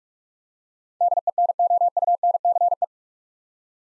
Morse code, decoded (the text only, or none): DENOUNCE